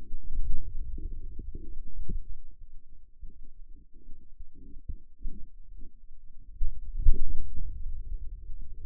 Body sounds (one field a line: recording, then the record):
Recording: forearm muscle sounds (acoustic myography)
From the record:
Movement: inward rotation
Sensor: system 2, bracelet of six BSWA MPA416 microphones around the upper forearm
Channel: 3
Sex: male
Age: 22 years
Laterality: right